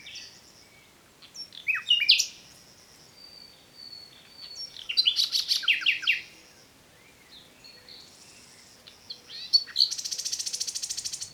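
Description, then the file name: Common nightingale song: downslurred whistles, a cluster of rapid repeated notes, then a long fast rattling trill at the end. "Luscinia megarhynchos"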